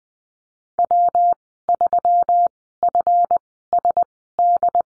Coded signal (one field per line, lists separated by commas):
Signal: Morse code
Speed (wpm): 20 wpm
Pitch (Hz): 700 Hz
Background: none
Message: W3FSD